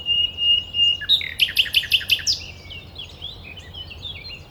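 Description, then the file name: Common nightingale song: a long steady whistle, then a fast run of about five loud repeated notes, followed by softer twittering phrases. "Luscinia megarhynchos"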